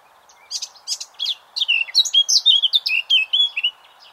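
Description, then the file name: Eurasian blackcap song: brief scratchy notes leading into a loud fluting warble of clear descending whistles. "Sylvia atricapilla"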